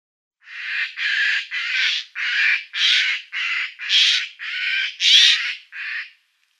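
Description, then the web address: Eurasian jay giving a rapid run of about ten harsh, rasping screeches, each roughly half a second long, with short gaps between them. "Schulze Peter Eurasian Jay calls"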